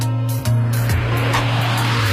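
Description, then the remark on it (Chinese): A loud, steady engine roar with a deep droning hum, briefly dipping and then surging back up in pitch as it revs, continuing without any voices. “我的心似乎从来都不能平静，除了发动机的轰鸣和电机指引，我似乎听到了他戳骨般的心跳。”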